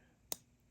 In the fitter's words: like that until it clicks and then I'm going to pop it out and there's the old wax guard right